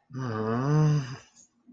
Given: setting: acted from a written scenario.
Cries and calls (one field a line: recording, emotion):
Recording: vocal sound without words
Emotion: distress